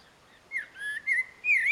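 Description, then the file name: Common blackbird giving four clear whistled notes, the last highest, against a quiet background. "Turdus merula"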